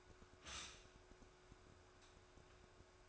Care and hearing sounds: daily activity, microphone in the room; stop toaster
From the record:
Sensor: 2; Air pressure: 1014.6 hPa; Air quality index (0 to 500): 193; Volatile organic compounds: 19 ppm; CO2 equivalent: 2653 ppm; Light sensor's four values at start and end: 4/10/3/4 and 4/10/3/4

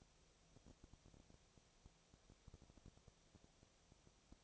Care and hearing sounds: daily activity, microphone in the room; no activity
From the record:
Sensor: 1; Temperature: 19.8 degrees Celsius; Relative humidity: 37.9%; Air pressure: 998.8 hPa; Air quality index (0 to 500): 233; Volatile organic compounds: 134 ppm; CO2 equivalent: 3946 ppm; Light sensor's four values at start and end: 1/2/1/1 and 1/2/1/1

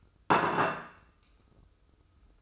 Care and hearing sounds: daily activity, microphone in the room; place plate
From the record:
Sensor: 2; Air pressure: 995.1 hPa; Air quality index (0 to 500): 58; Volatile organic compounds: 1 ppm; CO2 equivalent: 953 ppm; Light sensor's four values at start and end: 13/44/17/16 and 13/44/17/16

